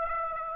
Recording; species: mosquito wingbeat signal from an infrared sensor; Aedes aegypti